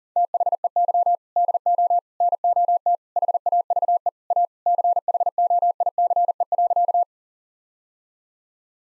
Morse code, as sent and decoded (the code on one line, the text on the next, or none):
- .... . -.-- / -.. --- / -. --- - / .... .- ...- . / .- / -.-. .... --- .. -.-. . .-.-.-
THEY DO NOT HAVE A CHOICE.